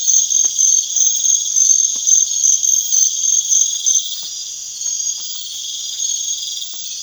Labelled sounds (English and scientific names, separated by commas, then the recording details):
none
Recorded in pastures near Puerto Asís, Putumayo, Colombia, on 27 June 2025 at 01:00
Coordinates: 0.502, -76.324
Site G010